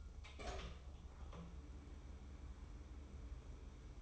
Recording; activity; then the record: daily activity, microphone in the room; open door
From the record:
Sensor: 1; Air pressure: 1015.2 hPa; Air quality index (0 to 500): 128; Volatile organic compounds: 5 ppm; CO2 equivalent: 1762 ppm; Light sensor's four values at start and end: 14/33/14/15 and 14/33/14/15